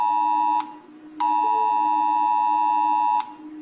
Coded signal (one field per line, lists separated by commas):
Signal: Emergency Alert System (SAME) tones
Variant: 853 and 960 Hz attention tone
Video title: (I'M BACK!!!) ⚠️RATING EAS ALARM PART 2⚠️